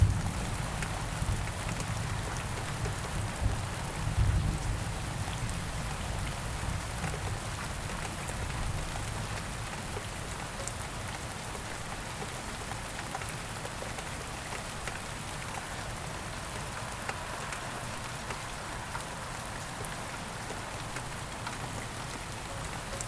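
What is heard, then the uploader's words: Steady rain hisses densely throughout, with countless fine drops pattering on surfaces close by. In the first few seconds a deep, distant rumble of thunder swells, peaking around four seconds, then fades into the even, unbroken downpour. Thunders through the Rain. Relax with sound of Thunders erupting through the Rain.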